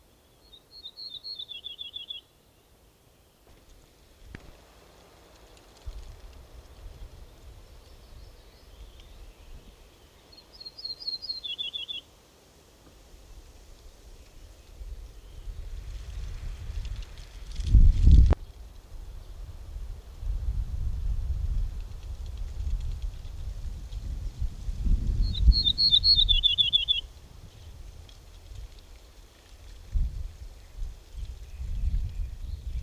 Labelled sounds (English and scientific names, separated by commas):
Ortolan Bunting (Emberiza hortulana) song